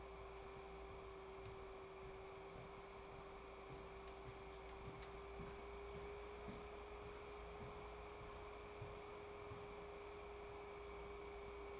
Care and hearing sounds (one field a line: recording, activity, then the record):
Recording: daily activity, microphone in the room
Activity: walk to room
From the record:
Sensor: 1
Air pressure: 1010.5 hPa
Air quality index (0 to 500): 169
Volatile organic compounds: 12 ppm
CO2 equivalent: 2336 ppm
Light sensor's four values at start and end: 48/126/52/66 and 45/118/49/62